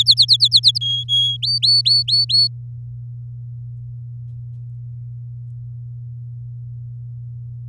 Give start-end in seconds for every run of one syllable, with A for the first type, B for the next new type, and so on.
0.00-0.78 A, 0.81-1.37 B, 1.42-2.48 C